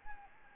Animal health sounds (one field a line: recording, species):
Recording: mosquito wingbeat signal from an infrared sensor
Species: Anopheles gambiae